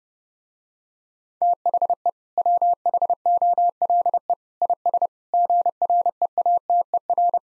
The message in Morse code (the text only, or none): THE WHOLE IS GREATER